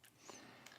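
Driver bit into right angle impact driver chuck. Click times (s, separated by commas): 0.7 s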